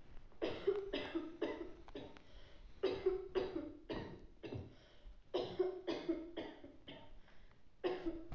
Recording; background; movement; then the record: deep breathing; a bystander coughing; sitting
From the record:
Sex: male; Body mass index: 20.5 kg/m2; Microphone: on the chest, facing outward